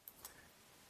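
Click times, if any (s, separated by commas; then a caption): 0.1 s. An oiled steel internal part is pushed gently down into a Gearwrench/Matco ratchet head during reassembly with a repair kit. It seats with a sharp click at 0.1 s, and a second, softer click follows at about 0.3 s. The part is clicked into place.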